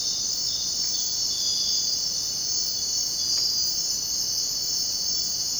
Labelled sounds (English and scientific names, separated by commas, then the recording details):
none
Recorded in dense forest near Puerto Asís, Putumayo, Colombia, on 23 June 2025 at 04:00
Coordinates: 0.499, -76.324
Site G100